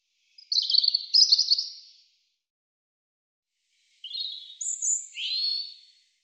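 European robin song: a rich twittering phrase followed after a pause by thin high notes and a descending warble.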